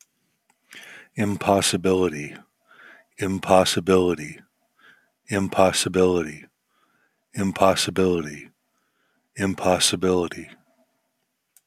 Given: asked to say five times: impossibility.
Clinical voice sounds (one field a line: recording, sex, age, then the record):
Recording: repeated word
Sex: male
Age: 40 to 49 years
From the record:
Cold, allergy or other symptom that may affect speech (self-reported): no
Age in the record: 49 years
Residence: California, United States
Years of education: 16